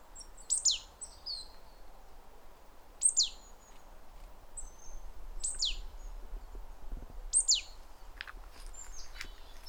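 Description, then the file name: Great tit calls: a sharp high note sliding steeply downward, repeated four times at intervals of roughly two to three seconds, with faint high twitters and low background rumble. "Parus major"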